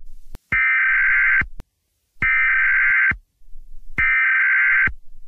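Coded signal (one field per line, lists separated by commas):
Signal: Emergency Alert System (SAME) tones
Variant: header bursts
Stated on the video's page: Valid alert tones within an animated short film.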